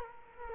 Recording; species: mosquito wingbeat signal from an infrared sensor; Culex quinquefasciatus